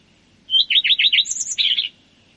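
Common redstart song: a high opening note, then a quick run of repeated dipping notes and a brief scratchy flourish at the end, heard clearly against quiet background.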